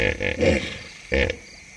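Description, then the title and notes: Lion giving a few deep, grunting calls, the last after a brief pause, over a steady high insect chorus. Deep calls resonating across the Serengeti-Mara savanna plains as night falls, over a thick insect chorus. "Dusk in the Serengeti. Night falls in the Serengeti-Mara savanna. The deep calls of lions resonate through the plains"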